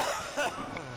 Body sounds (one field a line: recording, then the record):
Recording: coughing mixed with background sound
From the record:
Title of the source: Heavy cold and sore throat coughing.